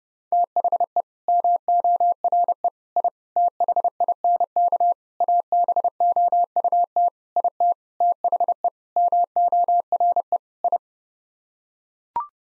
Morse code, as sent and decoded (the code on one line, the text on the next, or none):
- .... . / -- --- .-. . / .. / - .... .. -. -.- / .- -... --- ..- - / .. - / - .... . / -- --- .-. . / ..
THE MORE I THINK ABOUT IT THE MORE I